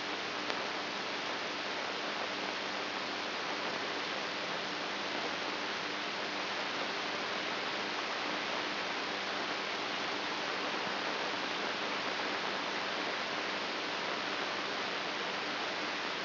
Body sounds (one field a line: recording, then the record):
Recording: brain microelectrode recording played as sound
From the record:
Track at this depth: outside the subthalamic nucleus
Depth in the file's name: 5.909 mm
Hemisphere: right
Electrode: 2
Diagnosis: Parkinson's disease